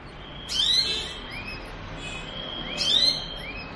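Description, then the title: Belgian canary calls: two bright rising sweeps about two seconds apart, with faint arching chirps in between. Song used to stimulate canaries to sing and warm up; the Indonesian title describes a mating canary sound. "Canto Para Esquentar Canário Belga. suara kenari kawin"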